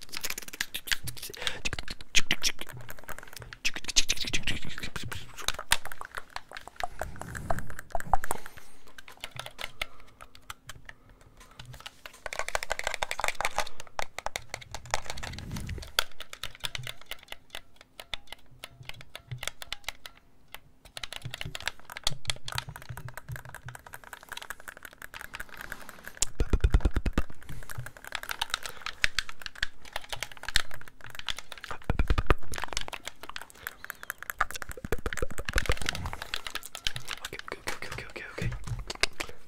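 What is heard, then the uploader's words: Controller sounds made of rapid plastic clicks and taps that bunch into dense rattling bursts, with brief pauses between them. Soft rustling and faint low thumps come and go, and a quiet steady hum runs underneath for most of the 39 seconds. ASMR Controller Sounds.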